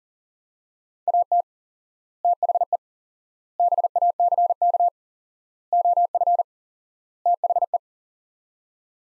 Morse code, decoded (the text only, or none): AT THE BACK OF THE